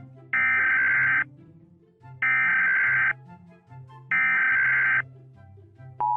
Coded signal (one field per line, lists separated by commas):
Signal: Emergency Alert System (SAME) tones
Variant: header bursts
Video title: EAS Alert sound around the world Canada,United States, Germany and Brazil